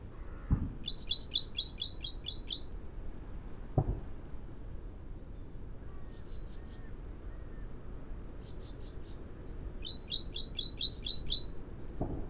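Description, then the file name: Great tit calls: two bursts of rapid, harsh ticking notes, with a few softer short notes in between and low background rumble. "Parus major"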